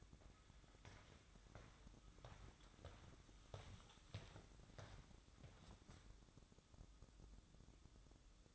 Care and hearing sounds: daily activity, microphone in the room; walk to room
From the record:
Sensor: 3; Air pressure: 1008.2 hPa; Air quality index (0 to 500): 130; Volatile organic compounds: 2 ppm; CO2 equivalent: 1081 ppm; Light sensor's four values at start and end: 10/24/10/9 and 10/23/9/9

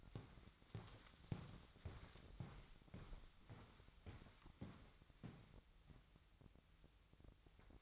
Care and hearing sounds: daily activity, microphone in the room; walk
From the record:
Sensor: 3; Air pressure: 1001.7 hPa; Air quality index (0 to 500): 228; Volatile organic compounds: 33 ppm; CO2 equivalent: 3028 ppm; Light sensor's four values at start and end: 13/38/16/14 and 13/39/17/14

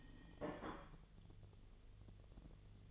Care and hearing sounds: daily activity, microphone in the room; place plate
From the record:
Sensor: 4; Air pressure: 1010.2 hPa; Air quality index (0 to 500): 182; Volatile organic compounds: 6 ppm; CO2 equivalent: 1839 ppm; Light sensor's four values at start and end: 31/92/36/36 and 31/92/36/36

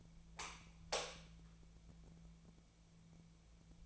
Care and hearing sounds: daily activity, microphone in the room; light on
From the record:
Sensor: 1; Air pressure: 1000.0 hPa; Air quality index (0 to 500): 131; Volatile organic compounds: 2 ppm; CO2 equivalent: 1241 ppm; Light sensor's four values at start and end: 34/86/36/44 and 38/102/42/50

